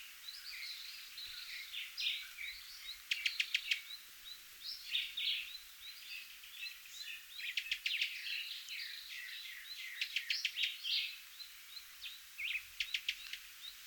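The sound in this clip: Cuban tody giving busy chattering calls, dense buzzy chirps broken by short bursts of rapid dry clicks every few seconds.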